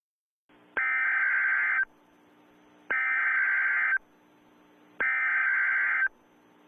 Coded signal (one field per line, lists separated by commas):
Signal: Emergency Alert System (SAME) tones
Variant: header bursts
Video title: EAS Mock - A Christmas Gift from Mother Nature